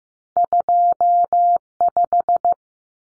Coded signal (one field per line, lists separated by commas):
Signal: Morse code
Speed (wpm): 15 wpm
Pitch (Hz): 700 Hz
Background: none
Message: 25